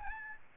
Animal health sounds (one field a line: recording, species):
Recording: mosquito wingbeat signal from an infrared sensor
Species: Aedes albopictus